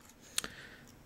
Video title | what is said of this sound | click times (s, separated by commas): SHFiguarts Kamen Rider Hyper Kabuto Review | But it can come off sometimes. Yes, it just snaps back in. | 0.4 s